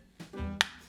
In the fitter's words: The lid locks in place back there, and so no problems with kind of the drink getting stuck there.